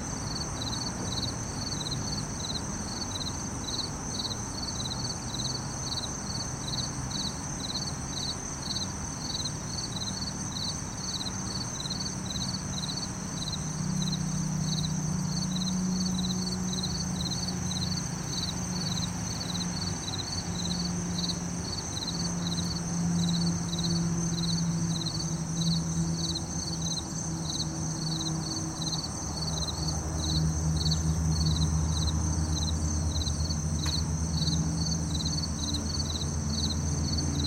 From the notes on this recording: Crickets and cicadas sing all day, birds chirp and the world goes rushing by